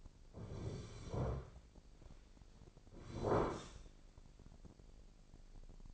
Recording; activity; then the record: daily activity, microphone in the room; sit down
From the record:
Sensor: 5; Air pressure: 1009.4 hPa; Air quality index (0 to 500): 154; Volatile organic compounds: 2 ppm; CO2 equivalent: 1184 ppm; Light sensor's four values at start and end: 246/589/250/272 and 247/592/251/274